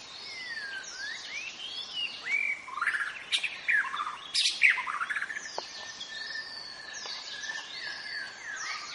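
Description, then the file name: White-rumped shama singing varied whistles and sweeping slurred notes, with a few sharp bursts, over a steady background of other small birds chirping. Forest. "suara muraibatu hutan omkicau"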